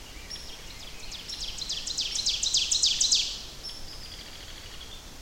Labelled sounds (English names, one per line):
Ovenbird song